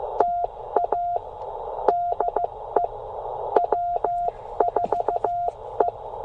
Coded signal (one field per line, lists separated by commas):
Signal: Morse code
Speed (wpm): 15 wpm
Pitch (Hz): 700 Hz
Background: none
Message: TA DE W4E